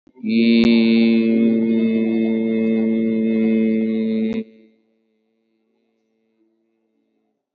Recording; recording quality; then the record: sustained vowel as in beet; excellent, no background noise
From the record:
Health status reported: COVID-19 positive, no symptoms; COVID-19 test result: positive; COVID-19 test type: RT-PCR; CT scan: taken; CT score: 7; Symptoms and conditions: none ticked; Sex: male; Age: 50 years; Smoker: no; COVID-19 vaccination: none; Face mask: worn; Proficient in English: yes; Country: India